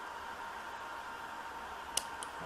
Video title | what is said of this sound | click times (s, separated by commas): Colt .380 Disassembly / Field Stripping | locks into place and when | 2.0 s